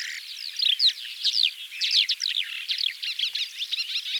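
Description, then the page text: Calandra lark song, a fast tumbling stream of scratchy chirps and short twittering notes delivered without pause. "Calandra Lark Songs. Quick Sounds"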